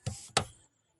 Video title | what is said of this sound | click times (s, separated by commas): Replacing Primary Clutch Assembly or Clutch Master of our Ertiga Manual Transmission. My First Vlog | itutulak lang natin yan. Mag-click lang yan. | 0.4 s